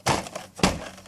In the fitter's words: Hear the click now, it's good.